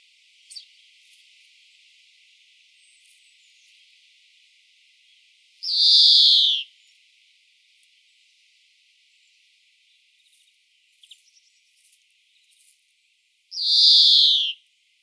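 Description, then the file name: European greenfinch wheezing twice, each a loud drawn-out buzzy note sliding downward, about eight seconds apart, with a few faint chips between. "Chloris chloris"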